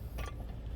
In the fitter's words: you want to hear that snap? So